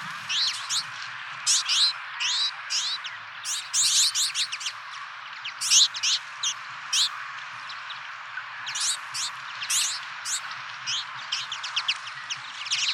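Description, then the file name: Twite twittering in quick bursts of dry, high chattering notes, clustered in short runs separated by brief pauses, with a faint low hum underneath. "vinterhampling"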